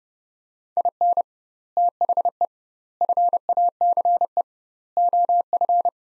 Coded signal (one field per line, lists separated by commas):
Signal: Morse code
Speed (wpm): 30 wpm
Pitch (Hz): 700 Hz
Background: none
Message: IN THE FACE OF